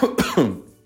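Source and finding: Adult man. Cough.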